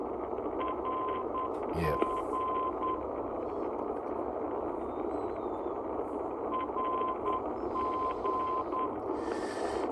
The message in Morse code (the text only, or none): R G R G